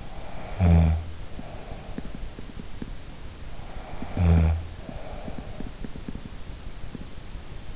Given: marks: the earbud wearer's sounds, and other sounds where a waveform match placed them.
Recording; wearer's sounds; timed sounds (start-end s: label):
sounds in sleep by an in-ear microphone; snoring breath
0.00-2.25 s: snoring breath
3.46-5.74 s: snoring breath